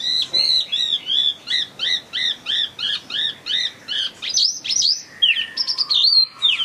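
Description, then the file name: Chinese hwamei song opening with a fast series of repeated looping whistled notes, then breaking into varied sweeping, rising and dropping phrases with a steady lower tone. In full song (gacor). "audio hwamei gacor. omkicau"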